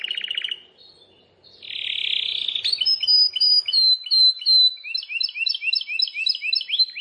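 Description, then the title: Bar-winged prinia song: a short buzzy trill, a brief pause, then a harsh buzzing phrase. It ends in a fast series of high upslurred chirps that change into doubled notes. "Ciblek Sawah"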